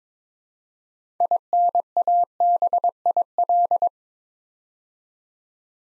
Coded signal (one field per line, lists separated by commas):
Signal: Morse code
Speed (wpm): 22 wpm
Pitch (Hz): 700 Hz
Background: none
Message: INABIL